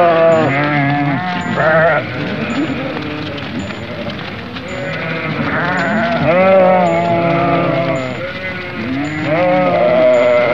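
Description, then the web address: Sheep bleating, several overlapping animals giving wavering, nasal bleats of varied pitch, some rising then falling, in a near-continuous chorus. "Schafe"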